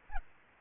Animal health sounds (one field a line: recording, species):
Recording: mosquito wingbeat signal from an infrared sensor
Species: Aedes albopictus